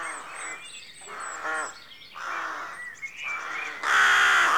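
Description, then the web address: Rooks cawing, harsh nasal caws overlapping in bursts about every second, with a burst of broad rushing noise at the end. Rookery at dawn, rural outdoor atmosphere. "BBC Sound Effects Library BBC 52-Exterior Atmospheres-Rural Backg 04 Rookery Dawn"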